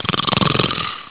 Snore.